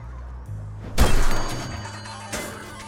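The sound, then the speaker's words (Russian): A hammer, swung by a child with a man's help, slams into a strength tester with one loud, sharp crash, followed by a ringing metallic decay and a low hum, and no voices. “Ваня бьет молотком. Дядя, помоги ударить посильней.”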